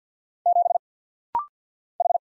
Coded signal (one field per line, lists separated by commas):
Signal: Morse code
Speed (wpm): 50 wpm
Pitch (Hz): 700 Hz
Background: none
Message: 7 H